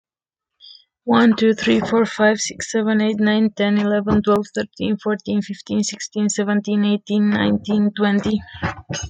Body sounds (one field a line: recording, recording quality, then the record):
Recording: counting at a fast pace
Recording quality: excellent, no background noise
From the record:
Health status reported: exposed to COVID-19, no respiratory illness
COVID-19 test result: negative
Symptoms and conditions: fatigue, muscle pain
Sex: female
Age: 29 years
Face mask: not worn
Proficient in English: yes